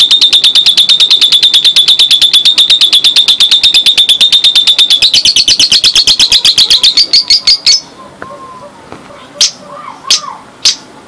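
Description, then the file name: Lovebird pouring out a fast, continuous chattering trill that rises a little before breaking into a few separate sharp chips. Lovebird that was a national contest champion, named Si Gempol. "Suara Lovebird Juara Lomba Nasional Si Gempol Juara"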